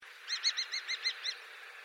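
Saker falcon call, a quick series of about seven harsh, arched notes, evenly spaced over about a second, then stopping.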